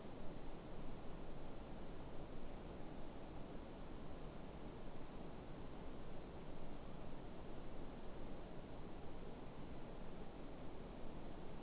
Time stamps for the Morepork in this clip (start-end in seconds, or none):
none